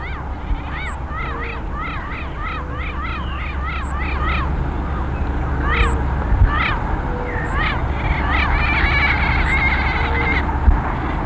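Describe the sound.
Bird giving repeated nasal honks in quick bursts, pausing, then resuming with denser overlapping calls, against a constant low rumble.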